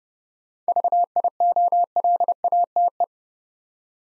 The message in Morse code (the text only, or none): VIOLATE